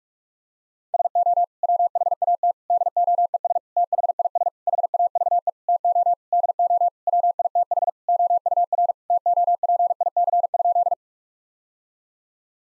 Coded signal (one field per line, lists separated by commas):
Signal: Morse code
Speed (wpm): 41 wpm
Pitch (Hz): 700 Hz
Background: none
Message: SO WHAT DOES THIS HAVE TO DO WITH OUR TOPIC?